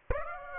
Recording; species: mosquito wingbeat signal from an infrared sensor; Aedes aegypti